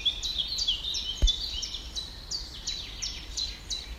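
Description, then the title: Birdsong as a fast chain of bright, high notes, each sliding down in pitch, repeated about three times a second over a soft low background noise. Birds heard in a small woodland in Poland by a person walking alone and quietly listening. "一个人静静的走在波兰某个小丛林里静静的聆听鸟儿们的叫声"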